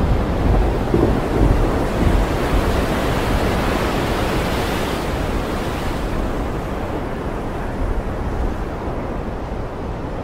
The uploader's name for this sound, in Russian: Шум и звуки Дождя, грозы, грома и молнии возле моря